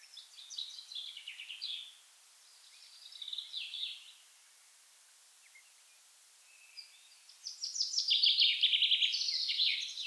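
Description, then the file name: Common chaffinch song: two short descending phrases early, then a long, loud rattling phrase. "Fringilla coelebs"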